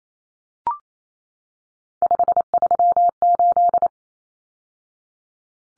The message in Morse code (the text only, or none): 538